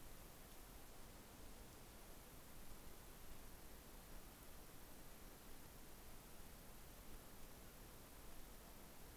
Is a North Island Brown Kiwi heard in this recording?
no